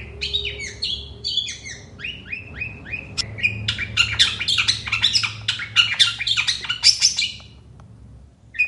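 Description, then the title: Long-tailed shrike song opening with slurred whistled notes, then a dense burst of harsh rasping chatter, then a short pause. Singing actively in the morning, with 'toet toet' phrases and varied full song; suited as a tutor recording for songbirds. "Cendet Gacor Dor Di Kala Pagi Toet Toet Variasi Suara"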